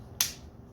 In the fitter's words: Click that in.